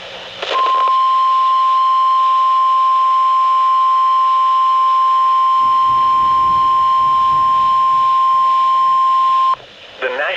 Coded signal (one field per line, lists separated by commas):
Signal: Emergency Alert System (SAME) tones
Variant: 1050 Hz attention tone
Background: speech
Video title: Last April Showers and Storms | EAS Alerts From 4/30/2025 (EAS #2,805-2,824)